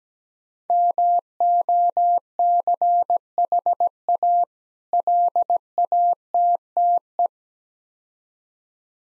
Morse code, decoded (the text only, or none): MOCHA LATTE